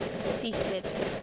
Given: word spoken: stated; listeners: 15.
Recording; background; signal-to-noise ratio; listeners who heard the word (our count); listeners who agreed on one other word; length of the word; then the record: one English word in noise, from a listening test; noise modulated by three-talker babble; -4.8 dB; 0 of 15; 15 of 15; 0.83 s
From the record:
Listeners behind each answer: 15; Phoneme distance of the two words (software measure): 17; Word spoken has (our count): 2 syllables, 6 phonemes, stress on syllable 1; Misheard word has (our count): 2 syllables, 5 phonemes, stress on syllable 1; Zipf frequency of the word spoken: 3.73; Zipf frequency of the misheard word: 3.88